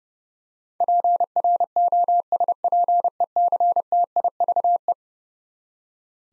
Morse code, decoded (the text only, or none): PROSPECTIVE